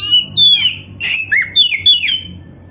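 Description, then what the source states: Oriental magpie-robin singing a short sequence of long sweeping whistles and downslurred notes. Indonesian name kacer poci; described as gacor.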